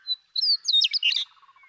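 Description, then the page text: Western meadowlark song: a clear whistled opening note, then a rapid jumble of loud slurred, gurgling whistles falling and rising. One male, called Bird 1, in Sierra Valley, eastern California, 2018. "Birdsong for the Curious Naturalist: Explore #7. 70. The joy of western meadowlark songs. Come along with me to Sierra Valley in eastern California where, during 2018, I just couldn't get enough of them"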